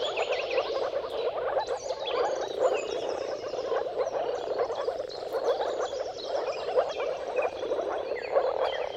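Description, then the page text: Continuous chorus of moor frogs making low bubbling calls, birds chirping faintly in the background. Mating chorus of moor frogs at sunrise, at the turn of March and April depending on weather. "Dawn’s Chorus: Mating Calls of Marsh Frogs at Sunrise. Depending on the weather at the turn of March and April, you can witness an amazing spectacle of moor frogs. Jakub Orzecki"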